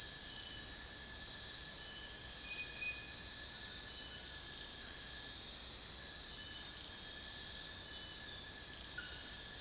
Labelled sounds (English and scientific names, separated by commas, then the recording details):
none
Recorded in dense forest near Puerto Asís, Putumayo, Colombia, on 23 June 2025 at 22:30
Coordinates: 0.468, -76.322
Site GP03